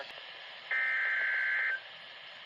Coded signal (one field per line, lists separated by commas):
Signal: Emergency Alert System (SAME) tones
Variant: header bursts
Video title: Even more alerts EAS Alerts 32-35 4/8/20